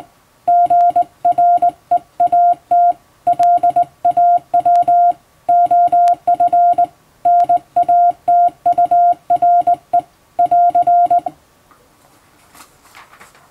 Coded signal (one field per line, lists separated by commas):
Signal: Morse code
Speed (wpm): 19 wpm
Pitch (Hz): 700 Hz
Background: none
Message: GREAT LAW OF NATURE <AR>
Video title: モールスの基本的な打ち方！綺麗な手打ちモールス符号で送信しよう！欧文モールス信号を電報練習帳で打ってみました！YouTubeの再生速度を調整して聴いてみよう(morse code practice)